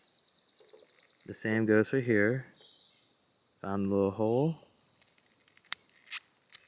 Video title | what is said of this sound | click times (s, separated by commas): Storm Collectibles KYO KUSANAGI - KOF 2002 Unlimited Match | hear the snap | 5.7 s